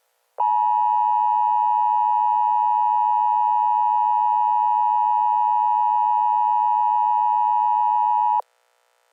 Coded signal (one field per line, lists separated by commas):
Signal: Emergency Alert System (SAME) tones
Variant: 853 and 960 Hz attention tone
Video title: Eas scenario #3 haters